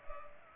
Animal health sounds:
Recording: mosquito wingbeat signal from an infrared sensor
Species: Culex pipiens

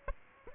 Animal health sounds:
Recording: mosquito wingbeat signal from an infrared sensor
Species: Aedes aegypti

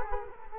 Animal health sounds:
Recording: mosquito wingbeat signal from an infrared sensor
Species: Culex quinquefasciatus

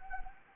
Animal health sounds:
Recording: mosquito wingbeat signal from an infrared sensor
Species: Anopheles arabiensis

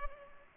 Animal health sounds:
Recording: mosquito wingbeat signal from an infrared sensor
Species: Culex pipiens

